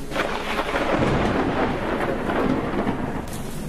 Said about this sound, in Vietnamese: Ngay khi con mắt không thể gồng nổi, khi mà hai hàng mi sắp sập xuống tựa như là cửa kéo, thì một tia sét đánh ngay ở sân vườn nhà.